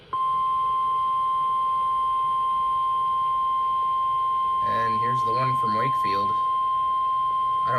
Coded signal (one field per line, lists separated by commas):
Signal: Emergency Alert System (SAME) tones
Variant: 1050 Hz attention tone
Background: speech